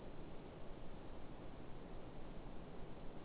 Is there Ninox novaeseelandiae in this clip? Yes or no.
no